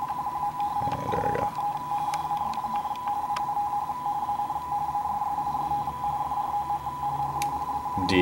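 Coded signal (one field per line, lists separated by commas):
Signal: RTTY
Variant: 45 baud, 170 Hz shift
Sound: steady rapid warbling between two close tones, continuous teleprinter-style chatter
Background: brief speech, room noise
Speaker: so I can show you here the bulletin going on my computer there we go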